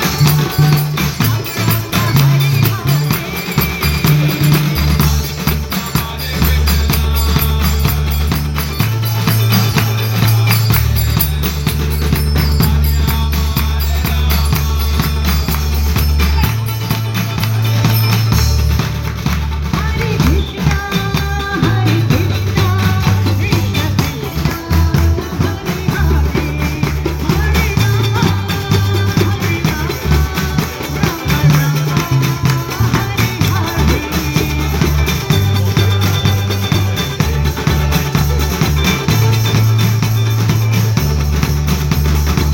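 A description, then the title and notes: A devotional troupe performs outdoors in the rain, playing loud, dense music that stays at full level throughout. Deep bass notes step between a few low pitches every couple of seconds, under a constant bright clatter of cymbals and percussion. Hare Krishna band at the Royal Albert Hall. A Hare Krishna troupe performs in the rain outside the Royal Albert Hall in London.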